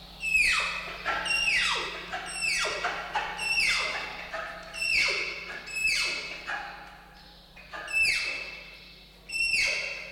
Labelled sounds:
Malayan Tapir (Tapirus indicus)
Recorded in captivity
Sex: pair
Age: adult
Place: Zoo Berlin, Berlin, DE
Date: 1995-04-01 10:54
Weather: bedeckt - heiter, 6 - 8 °C, böiger Wind
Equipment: Marantz CP 430, Sennheiser ME 80, Kopie Uher Variocord 263
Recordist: Tembrock, Günter

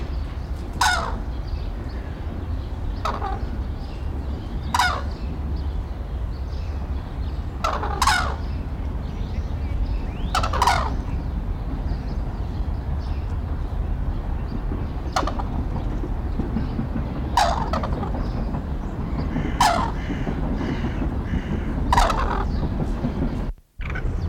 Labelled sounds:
Red-crowned Crane (Grus japonensis) call
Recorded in captivity
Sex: pair
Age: adult
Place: Zoo Berlin, Berlin, DE
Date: 1994-03-26 11:06
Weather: 4-5°C, bedeckt, z.T. Regen
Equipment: Marantz CP 430, Sennheiser ME 80, Kopie Uher Variocord 263
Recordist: Tembrock, Günter

